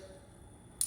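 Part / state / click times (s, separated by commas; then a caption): new plastic clip or connector into its mount on the vehicle / seated / 0.8 s. During a Packard Performance supercharger install on a Pro R UTV, a new plastic replacement clip or connector is pushed into its mount on the vehicle. After a quiet, low background, a single sharp, bright click sounds at 0.8 s. The clip is seated.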